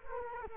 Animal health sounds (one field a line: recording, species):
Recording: mosquito wingbeat signal from an infrared sensor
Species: Culex quinquefasciatus